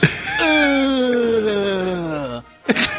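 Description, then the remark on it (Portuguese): A voice imitates a long, drawn-out moaning groan whose pitch slowly slides downward over a couple of seconds, then breaks off into a short breathy gasp. “Não, porque é bizarro, porque o cara ele levanta, aí ele fica de costas, aí ele começa a dar gemidas assim, e uns espasmos, né?”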